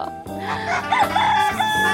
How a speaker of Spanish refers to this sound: Perro, pero ustedes piensan gallo, perro. El gallo, chivo, el gallo sí no lo había escuchado.